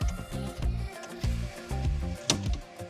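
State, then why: Not seated. A plastic engine-bay cover piece on a Lotus Emira, possibly heat-deformed after falling into the engine bay, is pressed back into its mount. Music plays throughout, with a few short sharp knocks, the loudest at 2.3 s. The piece does not click into place, and nothing has seated.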